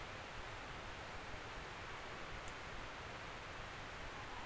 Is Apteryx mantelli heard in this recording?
no